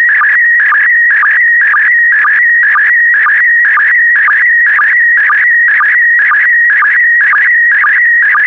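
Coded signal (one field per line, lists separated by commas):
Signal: SSTV (slow-scan television)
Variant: PD120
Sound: warbling steady tone with rhythmic low blips about twice a second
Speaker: complete. You can now check your decoded image against the picture that is shown on the video.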